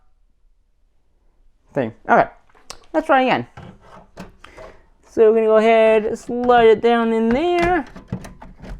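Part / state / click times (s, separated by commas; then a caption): graphics card into motherboard PCIe slot / not seated / none. An NVIDIA GeForce RTX 3060 graphics card is handled and slid down toward a motherboard's PCIe slot while someone talks, with a sharp tap at 4.5 s and a few soft knocks around 8.1–8.4 s. Nothing has seated or clicked yet.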